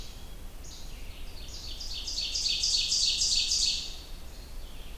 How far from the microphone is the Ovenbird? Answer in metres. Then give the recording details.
about 25 m. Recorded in boreal forest in Alberta, Canada, on 30 June 2016 at 08:02. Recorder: SongMeter 3, array SBT-6-79. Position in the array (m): 5 m, 108 m. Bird 40